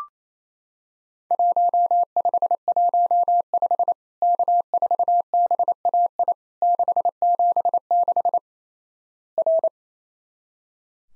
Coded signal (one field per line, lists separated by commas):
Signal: Morse code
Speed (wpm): 28 wpm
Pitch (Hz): 700 Hz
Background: none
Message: 1515 K4BAI 676 R